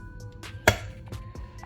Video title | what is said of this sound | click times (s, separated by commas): Presto Dorothy Rapid Cold Brew Coffee Maker #GenXNez @KNESBEY | it won't go any further, but then that's when you have to press a little hard, and then you'll hear it lock into place. | 0.7 s